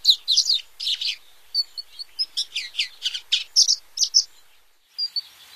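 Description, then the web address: Lawrence's goldfinch singing a rapid, jumbled series of high tinkling and buzzy notes and chirps, with a short pause near the end before a few more notes. "Songs of Birds of North America Stokes. Lawrences Goldfinch"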